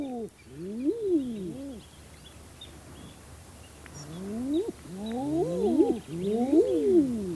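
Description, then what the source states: Common Eider cooing calls: moaning 'ah-oo' notes that rise then fall, in two bursts with a quiet gap between, over faint background bird chatter. Played in the studio; eiders can be heard even when not seen, and the sound thrills even an inland listener.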